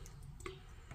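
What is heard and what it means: A small decorative cover cap is handled and pressed toward the handle of a Pfister Courant bathroom faucet after its valve replacement. Several small, sharp plastic ticks are heard over a low background hum. Nothing has seated or clicked yet.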